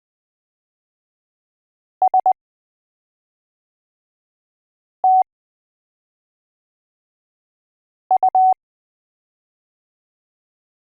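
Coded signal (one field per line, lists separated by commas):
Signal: Morse code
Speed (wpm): 20 wpm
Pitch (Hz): 750 Hz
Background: none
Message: S T U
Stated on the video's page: Morse code alphabet lesson from A to Z.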